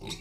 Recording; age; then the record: pig call; weaner (32 to 43 days)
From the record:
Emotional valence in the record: negative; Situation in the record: short isolation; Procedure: open field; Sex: female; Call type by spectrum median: low-frequency call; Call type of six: mixed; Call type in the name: high-frequency modulated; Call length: 0.20 s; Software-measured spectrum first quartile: 272 Hz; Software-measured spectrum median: 2054 Hz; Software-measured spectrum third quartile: 4349 Hz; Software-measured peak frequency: 160 Hz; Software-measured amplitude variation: 120 dB a second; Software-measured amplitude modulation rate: 17.1 a second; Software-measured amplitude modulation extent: 7.0 dB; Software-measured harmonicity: 3.8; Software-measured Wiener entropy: -2.56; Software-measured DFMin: 971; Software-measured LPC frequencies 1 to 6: 761, 2309, 3749, 5553, 6869, 7819 Hz